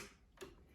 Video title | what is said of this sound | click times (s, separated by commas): How to thread a Bernina Sewing Machine. | with that bobbin facing towards the back of the machine. You'll hear it click, | 0.4 s